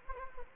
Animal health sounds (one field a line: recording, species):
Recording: mosquito wingbeat signal from an infrared sensor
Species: Anopheles gambiae